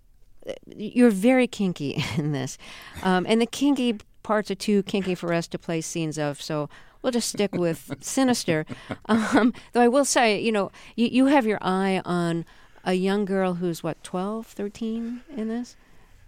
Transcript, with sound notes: you're very kinky in this. And the kinky parts are too kinky for us to play scenes of. So we'll just stick with sinister.
(LAUGHTER)
Though I will say, you know, you have your eye on a young girl who's, what, 12, 13 in this?